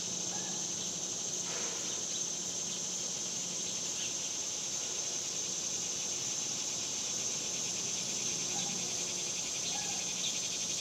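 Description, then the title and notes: Cicadas drone in an unbroken, shrill buzzing chorus with a steady level, a few faint chirps and a low background hum mixed in. Cicadas recorded outdoors in summer in the suburbs. "Ext Summer Cicadas, Suburbs by Bandeto"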